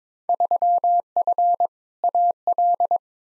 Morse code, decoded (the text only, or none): 3F AL